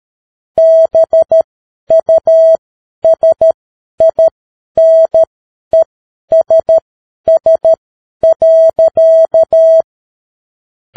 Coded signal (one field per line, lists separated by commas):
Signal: Morse code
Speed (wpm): 13 wpm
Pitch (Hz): 650 Hz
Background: none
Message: BUSINESS.